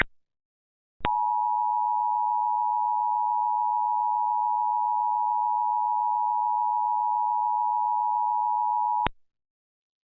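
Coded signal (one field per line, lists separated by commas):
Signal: Emergency Alert System (SAME) tones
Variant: 853 and 960 Hz attention tone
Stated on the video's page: Recreation of the 2011 national EAS test made with EASyPLUS software.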